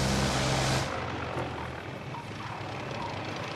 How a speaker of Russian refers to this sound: Солнечный жаркий день. Одномоторный самолет идет на посадку к ангару.